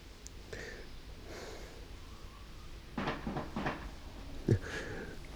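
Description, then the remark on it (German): Roswitha beating carpets outside in spring: a quick cluster of dull, flat thwacks, a short pause, then one louder smack, all over a steady low background hum. “Die Roswitha klopft außen die Teppiche.”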